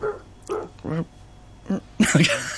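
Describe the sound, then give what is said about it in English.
A person's voice imitates the dog next door with a series of short, harmonic barks and yips, five or six bursts in uneven rhythm, the last ones louder and rougher. “We're going to do the dog next door noise.”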